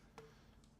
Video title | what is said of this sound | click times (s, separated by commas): How to Install a Soundstream V2 in a 2014-2023 Harley Davidson® Street Glide, Electra Glide, & Ultra | just got a nice firm click and it locked | 0.2 s